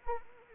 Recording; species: mosquito wingbeat signal from an infrared sensor; Anopheles arabiensis